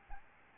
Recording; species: mosquito wingbeat signal from an infrared sensor; Aedes albopictus